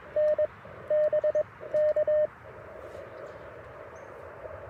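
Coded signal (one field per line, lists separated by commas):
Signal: Morse code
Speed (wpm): 21 wpm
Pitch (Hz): 610 Hz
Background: radio noise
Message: N BK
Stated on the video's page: QRP POTA activation in a national forest using a Mountain Topper MTR4B V2 with an Alex Loop magnetic loop antenna, battery and solar powered.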